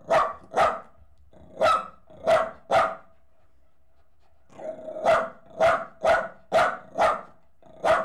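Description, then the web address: Dog barking in bursts: several sharp barks, a pause of about two seconds, then several more in quick succession. Jack Russell Terrier crossed with a Corgi, recorded while leaping. "BBC Sound Effects Library - Horses Dogs Jack Russel Corgi Cross Leaping"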